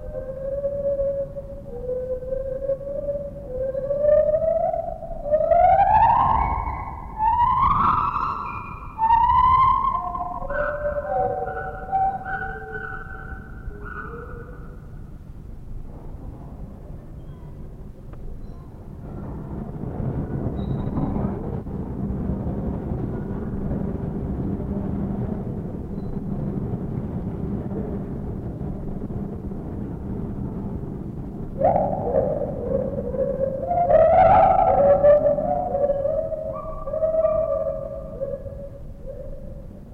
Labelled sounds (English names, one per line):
Lar Gibbon